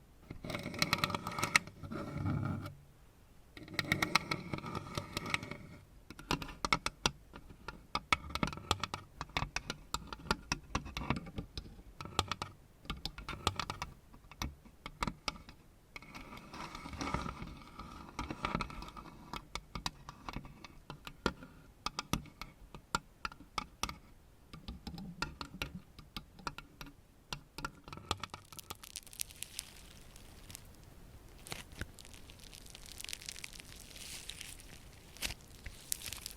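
Scratching and tapping with fingernails on items, a dense run of quick, irregular clicks and scrapes through most of the clip, heaviest in the first few seconds. Near the end the sound turns to a softer, brighter hissing rub with fewer taps.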